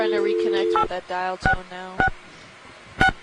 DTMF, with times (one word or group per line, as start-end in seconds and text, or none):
0.7-2.1 866
3.0-3.1 6